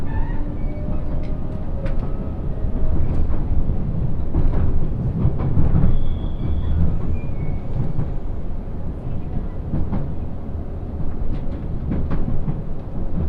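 Aboard the Ishizuchi 101 limited express between Imabari and Matsuyama, a steady low rumble carries sharp clicks, rattles and brief squeals throughout.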